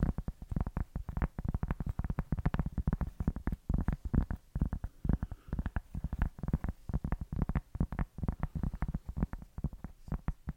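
Dry tapping on hard surfaces like wood or glass, quick irregular taps packed densely throughout, with a low thud under each.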